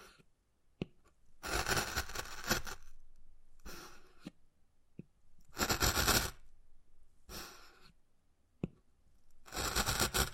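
Wood carving with long, rasping scratches that come in bursts of a second or so, about five of them across the clip. Short, sharp taps fall in the gaps near 1, 4.5 and 8.7 seconds, with near silence between strokes.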